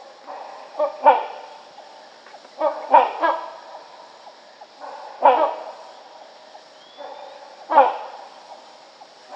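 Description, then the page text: Rhinoceros hornbill call series: deep, rasping honks, some doubled, roughly every two to two and a half seconds. "Rhinoceros Hornbill Calls. Quick Sounds"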